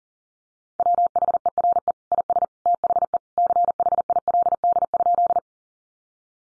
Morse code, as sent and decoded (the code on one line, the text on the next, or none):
.-- .... . .-. . / .. ... / - .... . / -.-. .... .. .-.. -.. ..--..
WHERE IS THE CHILD?